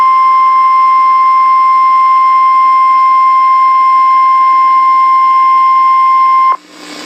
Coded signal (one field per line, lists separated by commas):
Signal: Emergency Alert System (SAME) tones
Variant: 1050 Hz attention tone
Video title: EAS:TORNADO WARNING AT NEW YORK AND LOS ANGELES. Idk the counties in USA.